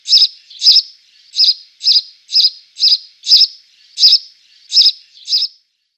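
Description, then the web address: House sparrow song, a rapid run of about ten bright, double-noted chirps, each a short burst, delivered roughly twice a second. "Schulze Peter House Sparrow song"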